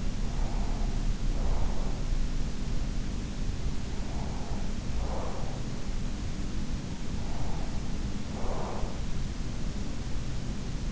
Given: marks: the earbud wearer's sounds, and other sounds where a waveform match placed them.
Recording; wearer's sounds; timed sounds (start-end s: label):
sounds in sleep by an in-ear microphone; breath
0.00-2.07 s: breath
3.86-5.79 s: breath
6.86-9.05 s: breath
9.55-10.92 s: breath